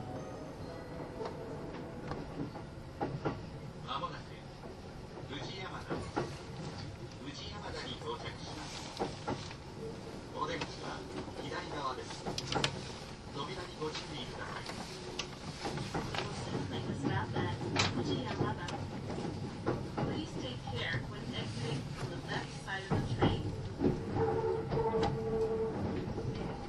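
Kintetsu 80000 series Hinotori train interior: a steady low rumble of running with scattered clicks and knocks, voices speaking intermittently throughout.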